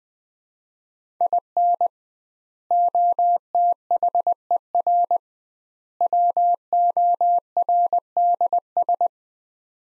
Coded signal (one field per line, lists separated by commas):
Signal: Morse code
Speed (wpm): 20 wpm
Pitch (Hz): 700 Hz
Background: none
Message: IN OTHER WORDS